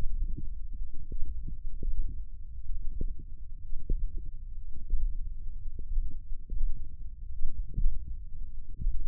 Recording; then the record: forearm muscle sounds (acoustic myography)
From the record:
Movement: finger pinch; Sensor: system 1, eight BSWA MPA416 microphones around the upper forearm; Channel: 8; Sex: male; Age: 20 years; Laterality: left